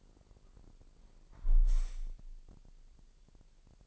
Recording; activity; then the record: daily activity, microphone in the room; close window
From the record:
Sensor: 5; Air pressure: 1000.0 hPa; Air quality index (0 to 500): 249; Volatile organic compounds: 35 ppm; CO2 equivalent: 3059 ppm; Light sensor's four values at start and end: 34/80/32/30 and 34/79/32/30